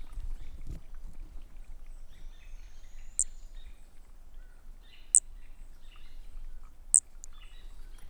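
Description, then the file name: Brachycephalus frog giving brief, sharp high notes spaced about two seconds apart, the last one followed quickly by a second note, with low noise behind. Unidentified Brachycephalus species, individual 3, recorded at 20 cm, Corcovado, 18 December 2017. "MHNCI Brachy sp ind 3 perdeu notas 20 cm Corcovado 18 dez 2017 MRB"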